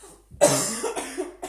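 A run of harsh, noisy cough bursts from an adult woman who is somewhat ill: a strong first cough, a second close behind, and a third starting at the end, within a second and a half. No wet rattle or wheeze is audible, fitting a dry, unproductive cough. She has coughed for the past four weeks; it is not corona, and is put down to sitting in a constant draft at work.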